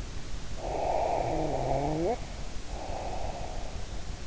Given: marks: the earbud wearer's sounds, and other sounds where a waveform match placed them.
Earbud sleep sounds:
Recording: sounds in sleep by an in-ear microphone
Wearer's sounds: snoring breath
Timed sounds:
0.56-4.17 s: snoring breath

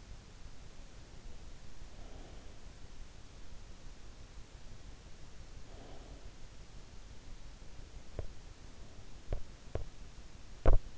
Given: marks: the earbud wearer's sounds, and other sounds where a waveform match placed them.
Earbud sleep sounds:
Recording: sounds in sleep by an in-ear microphone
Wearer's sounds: breath, teeth grinding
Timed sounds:
0.95-2.90 s: breath
4.99-6.77 s: breath
7.61-10.97 s: teeth grinding

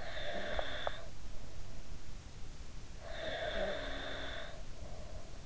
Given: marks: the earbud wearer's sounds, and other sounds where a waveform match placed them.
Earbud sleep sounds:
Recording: sounds in sleep by an in-ear microphone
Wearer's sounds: snoring breath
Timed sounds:
0.00-1.19 s: snoring breath
3.00-5.23 s: snoring breath

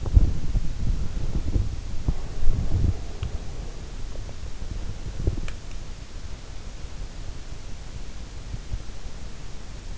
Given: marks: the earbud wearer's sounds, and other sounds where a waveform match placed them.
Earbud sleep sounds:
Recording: sounds in sleep by an in-ear microphone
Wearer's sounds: body movement, breath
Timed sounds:
0.00-5.60 s: body movement
2.08-3.02 s: breath

